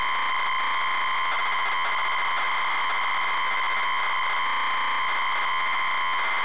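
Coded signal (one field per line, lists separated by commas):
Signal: ZX Spectrum tape loading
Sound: continuous harsh buzzing screech with steady tones near 1 and 2 kHz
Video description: ZX Spectrum load up and quick game play of Terra Cresta loaded up using a zx spectrum +3 with a wh smith cpd8300 cassette player.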